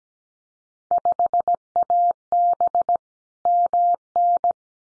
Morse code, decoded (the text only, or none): 5AB MN